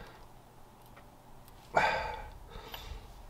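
A wrench breaks loose the steel drain bolt on the rear differential housing of a Toyota FJ Cruiser with a 1GR-FE 4.0L V6. A single sharp crack rings out at 1.8 seconds against a quiet background, with faint ticks before and after. The bolt is released and confirmed fine, not stripped.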